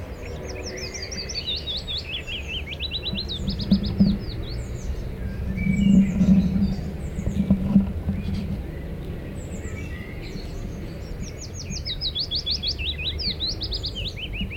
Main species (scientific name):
Phylloscopus trochilus